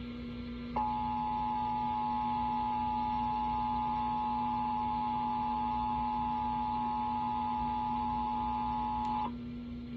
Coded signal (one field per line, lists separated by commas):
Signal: Emergency Alert System (SAME) tones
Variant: 853 and 960 Hz attention tone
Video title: June 2024 Texas Required Monthly Test (EAS #637-645)